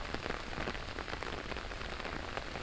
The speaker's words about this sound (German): Tagelang schon der Regen über der Stadt und die Spaziergänger im Park mit ihren Hunden.